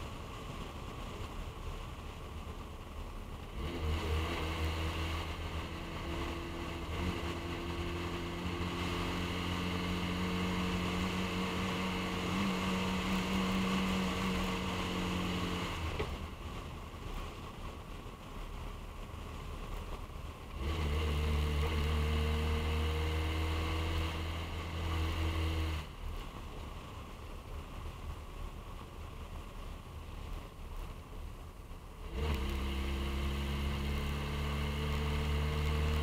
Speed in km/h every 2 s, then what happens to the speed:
55, 50, 53, 56, 56, 58, 56, 55, 52, 48, 48, 50, 48, 45, 44, 42, 45, 48.
2-11 speeds up to 58. 11-18 slows to 48. 18-23 steady at about 48. 23-29 slows to 42.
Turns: none.